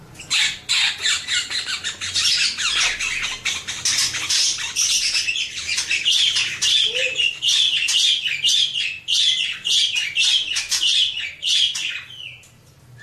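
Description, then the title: Birds chattering in a dense, almost unbroken stream of rapid high chirps and twitters for the whole stretch, the calls overlapping with only brief gaps. Mixed birds. "Burung Campur4"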